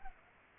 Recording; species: mosquito wingbeat signal from an infrared sensor; Culex pipiens